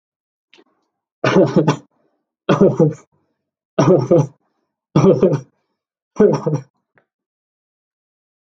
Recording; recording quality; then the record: shallow voluntary cough; excellent, no background noise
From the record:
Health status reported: healthy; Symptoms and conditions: none ticked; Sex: male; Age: 25 years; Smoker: not ticked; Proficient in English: yes